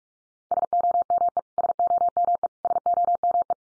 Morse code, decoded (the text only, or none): SOME SOME SOME